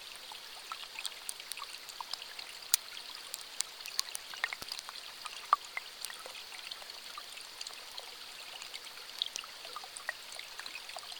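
Water runs quietly beneath the ice of a frozen river, a soft steady trickle with a faint hiss. Small sharp clicks and crackles pop up constantly and irregularly across the clip, thin and bright, with a couple of slightly louder snaps near three and five seconds.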